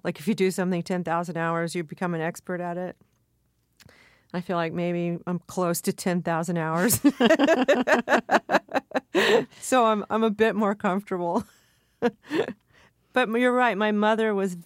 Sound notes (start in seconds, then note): 6.8 soundbite of laughter; 11.4 soundbite of laughter